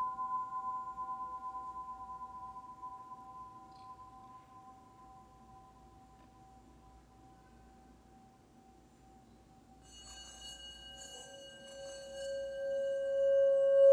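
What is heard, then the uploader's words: Healing bowls ring with steady sustained tones that fade through the middle, then a brighter bowl enters near ten seconds and swells louder. HEALING BOWLS FOR LAKE COUNTY.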